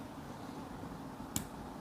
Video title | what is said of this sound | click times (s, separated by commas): NIKON F sn.7067852 | โน้ทฮะโอเคดังกริ๊กแล้วนะครับค่ะ | 1.4 s